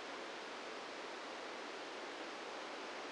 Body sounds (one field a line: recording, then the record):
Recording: brain microelectrode recording played as sound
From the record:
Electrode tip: outside the subthalamic nucleus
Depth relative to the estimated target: 1 mm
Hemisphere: right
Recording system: NeuroSet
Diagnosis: Parkinson's disease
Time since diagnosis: 17 years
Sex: male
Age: 64 years